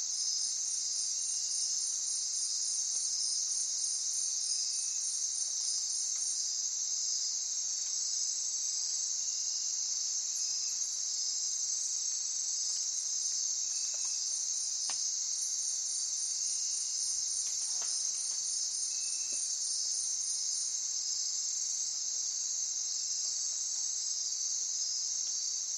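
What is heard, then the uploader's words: A rainforest at night hums with a dense, unbroken insect chorus, a bright, high hiss that holds steady throughout. Above it, a rapid, regular cricket trill pulses for the first six seconds and returns around fifteen to twenty-one seconds. The low end stays quiet. Night in the rainforest. The rainforest comes alive with sound at night.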